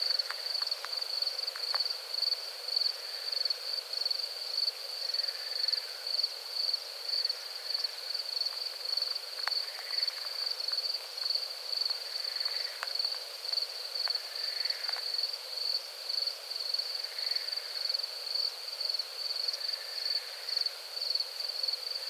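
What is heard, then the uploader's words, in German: Crickets sing in a steady, high, piercing trill that never stops, swelling and fading in quick regular pulses under a second apart. Fainter, lower chirps from other insects come and go behind it, with an occasional soft click. Abendstimmung auf dem Hesselberg. Eine Kunstkopfaufnahme vom den Grillen auf dem Hesselberg. Musste leider ein lautes Brummen herausfiltern.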